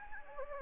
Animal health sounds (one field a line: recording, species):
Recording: mosquito wingbeat signal from an infrared sensor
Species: Anopheles gambiae